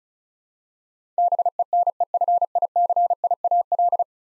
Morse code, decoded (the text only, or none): BENEFICIAL